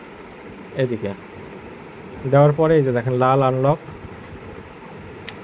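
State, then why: Seated. Someone talks while a DJI Mavic Air intelligent flight battery, its red unlock indicator showing, is pressed down into the drone body with both thumbs over a steady low background noise. A short, sharp click at 5.3 s marks the battery seating in place, after which the two side locks are checked.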